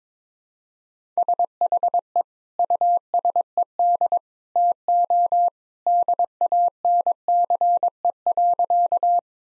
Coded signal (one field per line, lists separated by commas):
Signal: Morse code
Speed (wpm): 22 wpm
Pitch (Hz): 700 Hz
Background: none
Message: SHE USED TO DANCE.